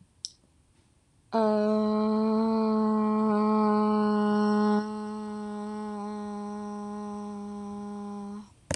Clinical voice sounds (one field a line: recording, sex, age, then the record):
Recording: vowel held as long as possible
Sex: female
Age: 20 to 29 years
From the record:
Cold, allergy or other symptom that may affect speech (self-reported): no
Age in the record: 23 years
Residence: California, United States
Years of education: 16